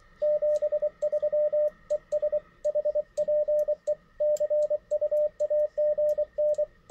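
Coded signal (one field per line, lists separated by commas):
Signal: Morse code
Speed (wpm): 24 wpm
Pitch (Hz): 600 Hz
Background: radio noise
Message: 73 ES HPE CUAGN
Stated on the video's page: Morse sent on a modified key, a Vibroplex copy converted to a single paddle.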